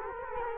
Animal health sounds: mosquito wingbeat signal from an infrared sensor; Culex quinquefasciatus

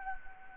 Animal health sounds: mosquito wingbeat signal from an infrared sensor; Anopheles gambiae

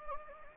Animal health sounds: mosquito wingbeat signal from an infrared sensor; Anopheles gambiae

